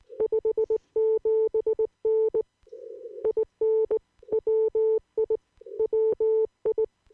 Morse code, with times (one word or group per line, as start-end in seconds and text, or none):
0.2-2.4 57N
3.3-4.0 IN
4.3-5.4 WI
5.8-6.9 WI